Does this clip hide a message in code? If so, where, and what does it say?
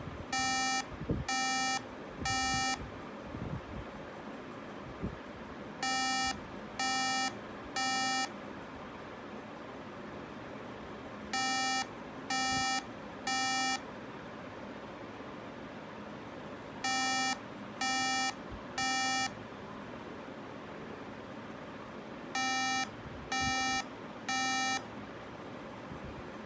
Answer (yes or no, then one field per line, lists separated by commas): no